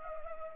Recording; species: mosquito wingbeat signal from an infrared sensor; Culex pipiens